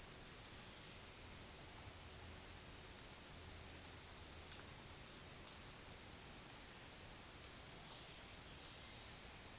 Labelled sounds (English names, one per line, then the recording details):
none
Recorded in secondary vegetation near Puerto Asís, Putumayo, Colombia, on 25 June 2025 at 09:00
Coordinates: 0.485, -76.322
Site GP06